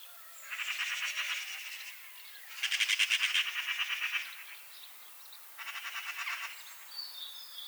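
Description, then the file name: Eurasian magpie uttering three loud bursts of machine-gun chatter, harsh rattling notes, with quiet gaps and a few faint high notes. "Pica pica"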